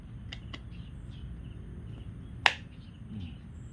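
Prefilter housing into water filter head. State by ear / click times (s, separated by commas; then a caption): seated / 2.5 s. A Philips AWP1830 water prefilter housing is pushed back onto the prefilter head, aligned with its lock tab, and snaps into the lock with one sharp click at 2.5 s, after two faint ticks near 0.3 s and 0.6 s. Someone talks, and the housing is seated and locked, staying in place with no twisting needed.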